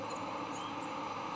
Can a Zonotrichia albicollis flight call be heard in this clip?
no